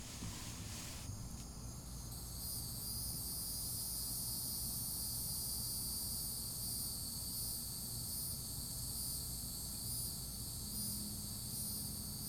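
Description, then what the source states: Cicada song: a loud high drone beginning after about two seconds and pulsing faintly in rapid waves, with a low rumble underneath throughout. Florida.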